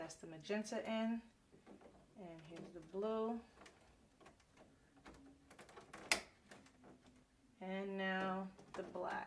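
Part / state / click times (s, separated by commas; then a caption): refillable ink cartridge into inkjet printer carriage / seated / 6.1 s. A blue (cyan) refillable plastic ink cartridge is pushed into the carriage of an Epson Workforce inkjet printer, with someone talking before and after. A few faint handling ticks lead up to a sharp click at 6.1 seconds as the cartridge seats securely in place.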